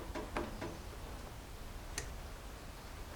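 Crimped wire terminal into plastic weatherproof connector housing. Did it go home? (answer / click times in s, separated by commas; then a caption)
yes / 0.4 s, 2.0 s. Crimped terminals on the light wires are pushed one after another into the male plastic housing of a waterproof automotive connector. Two sharp clicks sound at 0.4 s and 2.0 s, one per terminal, over fainter ticks and low background noise. Both terminals seat in the weatherproof connector.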